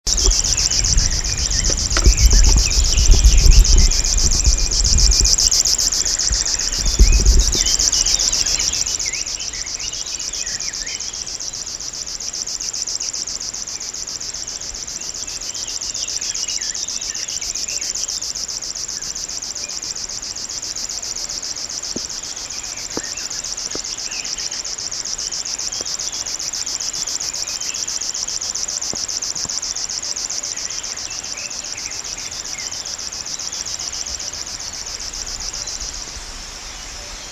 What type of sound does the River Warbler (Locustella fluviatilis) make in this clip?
song